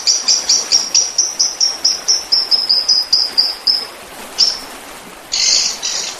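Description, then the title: Oriental magpie-robin song: a fast run of many sharp, high chirps, then a lone note and a short harsh burst. "Kicau Kacer"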